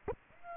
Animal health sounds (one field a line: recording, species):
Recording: mosquito wingbeat signal from an infrared sensor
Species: Aedes aegypti